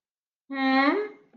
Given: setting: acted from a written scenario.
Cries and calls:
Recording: vocal sound without words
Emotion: confusion

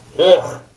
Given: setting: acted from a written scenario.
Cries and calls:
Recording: vocal sound without words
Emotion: disgust

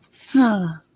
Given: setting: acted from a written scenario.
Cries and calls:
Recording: vocal sound without words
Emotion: relief

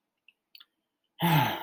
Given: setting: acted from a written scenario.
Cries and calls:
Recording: vocal sound without words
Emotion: disappointment

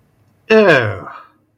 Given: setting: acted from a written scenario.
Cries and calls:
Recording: vocal sound without words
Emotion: disgust

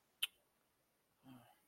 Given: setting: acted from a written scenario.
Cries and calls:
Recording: vocal sound without words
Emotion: disappointment

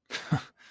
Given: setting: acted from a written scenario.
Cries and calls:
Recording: vocal sound without words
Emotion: anger

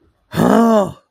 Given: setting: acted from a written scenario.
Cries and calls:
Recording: vocal sound without words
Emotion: fear

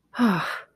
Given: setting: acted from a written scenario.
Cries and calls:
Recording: vocal sound without words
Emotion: relief

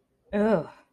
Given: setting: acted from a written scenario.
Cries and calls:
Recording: vocal sound without words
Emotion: disgust

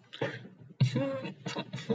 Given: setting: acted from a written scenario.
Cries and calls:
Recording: vocal sound without words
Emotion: sadness

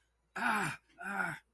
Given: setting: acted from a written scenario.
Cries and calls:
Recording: vocal sound without words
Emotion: pain

